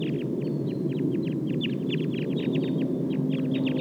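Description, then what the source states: Crossbill flock giving many rapid, overlapping sharp calls throughout, over constant low background noise. Wild flock of about 11 birds, getting ready to fly.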